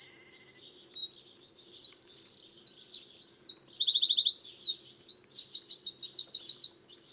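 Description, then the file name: Eurasian wren song, a long, loud stream of piercing high trills and chattering notes with a quick rattle in the middle, about six seconds, then silence. "Troglodytes troglodytes"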